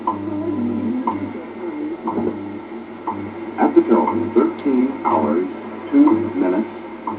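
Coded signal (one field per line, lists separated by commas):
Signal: radio time signal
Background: speech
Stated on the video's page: Top-of-the-hour station identification from shortwave time stations WWV and WWVH.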